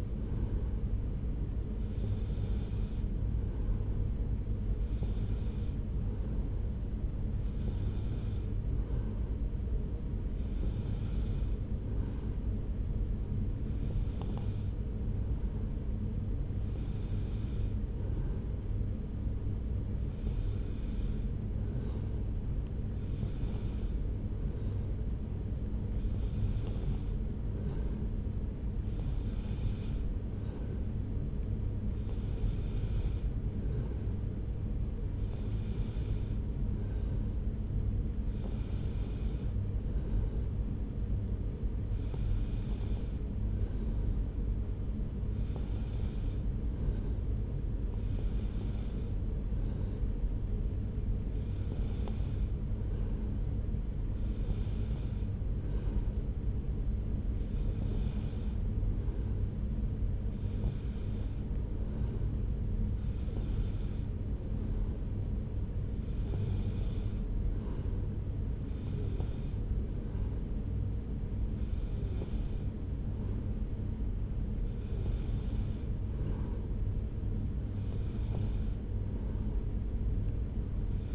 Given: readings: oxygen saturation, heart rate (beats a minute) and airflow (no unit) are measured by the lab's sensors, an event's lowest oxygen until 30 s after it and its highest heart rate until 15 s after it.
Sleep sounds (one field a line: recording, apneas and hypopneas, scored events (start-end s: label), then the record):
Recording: breathing in sleep by a smartphone at the bedside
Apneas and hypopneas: none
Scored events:
none scored
From the record:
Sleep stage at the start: N3 (deep sleep)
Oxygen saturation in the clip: 93 to 94%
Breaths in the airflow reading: 28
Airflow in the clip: -0.8 to 0.9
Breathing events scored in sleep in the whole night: 335 in 6.7 hours asleep